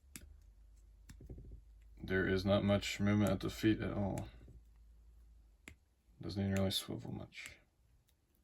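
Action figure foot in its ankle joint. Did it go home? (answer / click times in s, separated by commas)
no / none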